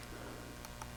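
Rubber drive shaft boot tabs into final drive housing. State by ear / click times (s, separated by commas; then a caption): not seated / none. Handling a rubber accordion drive shaft boot as it is refitted onto the final drive housing of a BMW R1200RT motorcycle, with its side tabs and top tab to be pushed down until they click into place. Low steady hum with faint light ticks around 0.6 s and 0.8 s. Nothing has seated or clicked yet.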